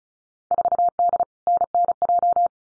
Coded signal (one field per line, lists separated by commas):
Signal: Morse code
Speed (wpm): 34 wpm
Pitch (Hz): 700 Hz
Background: none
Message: 4D NNJ